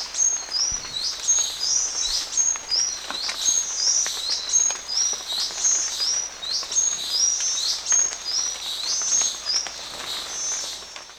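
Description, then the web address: Buff-tailed sicklebill giving many high-pitched upslurred calls in a steady series over background noise. Ecuador. "Birds of Ecuador. Buff-Tailed Sicklebill"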